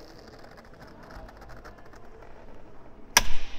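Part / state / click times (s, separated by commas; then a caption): snow chain tensioning lever locking onto the chain on a car wheel / seated / 3.2 s. A snow chain fitted on a car tyre has its tensioning lever pushed after the tensioning dial has been turned. Faint handling clicks and rustling lead to a single loud, sharp click at 3.2 s as the lever locks onto the chain, which is seated and the job finished.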